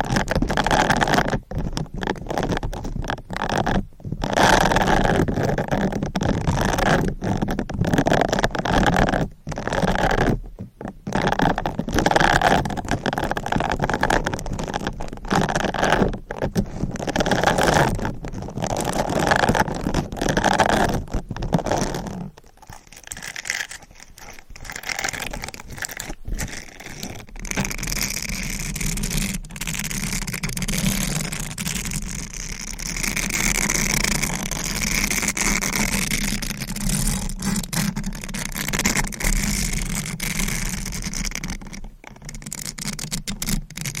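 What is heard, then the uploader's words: A sponge rubs, squishes and scratches against the microphone in dense, continuous friction, broken by brief dropouts around the tenth second. Near the middle it quiets, then returns as steadier, brighter brushing and crinkling through the end. ASMR Sponge on Mic Scratching, Brushing, Squishing, Crinkle etc No Talking for Sleep.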